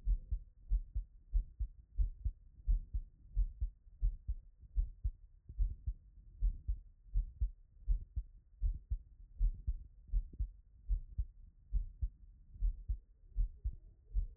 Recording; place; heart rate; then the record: heart sounds by stethoscope; Erb's point; 73 bpm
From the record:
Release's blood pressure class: hypertension stage 2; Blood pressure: 149/63 mmHg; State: after exercise